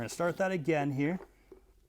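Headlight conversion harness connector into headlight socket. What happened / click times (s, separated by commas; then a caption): The connector is handled but not yet seated / none. Someone talks for about the first 1.2 seconds while a new plastic Ram OEM quad-to-projector headlight conversion harness connector is handled at an angle against the headlight socket, followed by faint handling sounds near 1.5 seconds. Nothing has seated or clicked yet.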